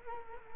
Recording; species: mosquito wingbeat signal from an infrared sensor; Culex quinquefasciatus